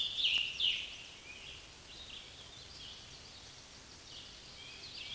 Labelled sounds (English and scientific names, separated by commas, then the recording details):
Scarlet Tanager (Piranga olivacea) song
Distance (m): 25 m
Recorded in a Pennsylvania forest on 19 May 2023 at 09:18
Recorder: AudioMoth, point grid1_27_low
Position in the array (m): 142 m, 66 m